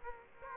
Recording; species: mosquito wingbeat signal from an infrared sensor; Aedes aegypti